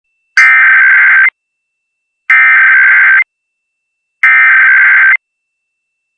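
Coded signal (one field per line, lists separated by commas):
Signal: Emergency Alert System (SAME) tones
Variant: header bursts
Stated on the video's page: Unscheduled national EAS test.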